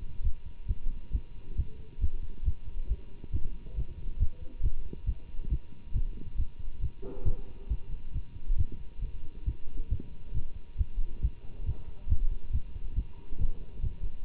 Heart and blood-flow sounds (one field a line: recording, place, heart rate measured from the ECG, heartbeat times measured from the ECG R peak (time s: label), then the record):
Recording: heart sounds by stethoscope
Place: between the tricuspid and mitral areas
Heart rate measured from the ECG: 137 bpm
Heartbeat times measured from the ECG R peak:
0.23 s: heartbeat
0.68 s: heartbeat
1.12 s: heartbeat
1.56 s: heartbeat
2.00 s: heartbeat
2.45 s: heartbeat
2.88 s: heartbeat
3.32 s: heartbeat
3.75 s: heartbeat
4.19 s: heartbeat
4.62 s: heartbeat
5.06 s: heartbeat
5.49 s: heartbeat
5.93 s: heartbeat
6.37 s: heartbeat
6.81 s: heartbeat
7.25 s: heartbeat
7.69 s: heartbeat
8.13 s: heartbeat
8.57 s: heartbeat
9.01 s: heartbeat
9.45 s: heartbeat
9.89 s: heartbeat
10.33 s: heartbeat
10.77 s: heartbeat
11.22 s: heartbeat
11.65 s: heartbeat
12.09 s: heartbeat
12.52 s: heartbeat
12.95 s: heartbeat
13.38 s: heartbeat
13.81 s: heartbeat
14.24 s: heartbeat
From the record:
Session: Bruce protocol treadmill stress test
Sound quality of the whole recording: good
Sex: male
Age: 24 years